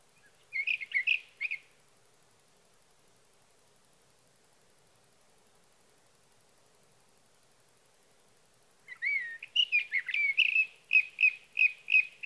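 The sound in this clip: Sage thrasher song in two bursts: a short warbled phrase, roughly seven seconds of quiet, then a rapid run of repeated chirping and whistled notes.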